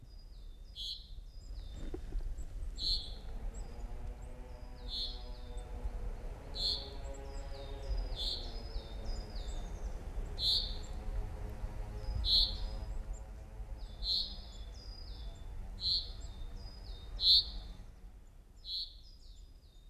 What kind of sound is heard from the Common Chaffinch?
call